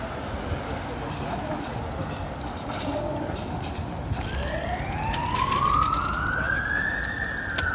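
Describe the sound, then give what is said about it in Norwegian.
Over a steady rumble of street noise in Oslo, an emergency vehicle siren starts midway, sweeping upward in a long rising wail that grows louder and holds a high, bright tone toward the end. “Lyden av Oslo. Sirene til å være til.”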